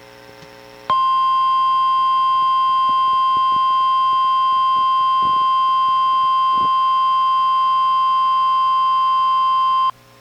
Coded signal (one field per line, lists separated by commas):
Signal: Emergency Alert System (SAME) tones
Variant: 1050 Hz attention tone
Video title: EAS #1053: NWR Required Weekly Test- Feb. 5, 2025- 11:10AM PST